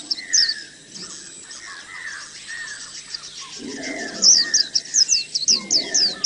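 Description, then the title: Oriental magpie-robin song with a few high chirps, a quiet stretch of soft whistles, then a quick burst of sharp repeated notes. "Kicau Kacer"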